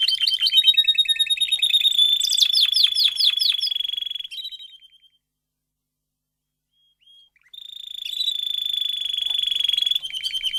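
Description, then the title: Domestic canary sings fast trills and sweeping notes into a sustained high roll, falls silent for a few seconds, then resumes with another steady trill. Male Belgian canary singing a lot, used for training and warming up young canaries. "Canary Training Esquente Seu Filhote E Canario Belga Em 30 Minutos Macho Cantando Muito"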